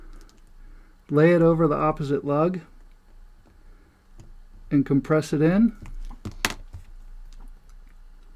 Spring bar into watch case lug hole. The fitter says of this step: let the spring bar snap into place on the